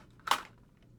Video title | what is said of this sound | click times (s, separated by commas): Adventure Force Brute Pro Review | And you have to hear it click forward because you're not going to get stopped by the priming handle in the back. | 0.3 s